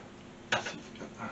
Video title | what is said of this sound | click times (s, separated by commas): montage d'un pc gamer (pub) | un petit clic voilà | 0.5 s